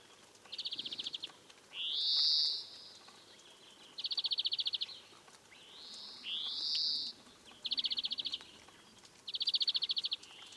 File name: Chloris chloris